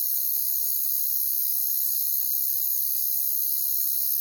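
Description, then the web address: Crickets chirping as a thick, high, buzzing chorus that holds steady with no breaks. Crickets in a jungle setting. "Pre-Uni Library Natures Songs Nature Sounds The Natural Sounds of the Wilderness 10 CDs collection Echoes of Nature - Jungle Talk Crickets"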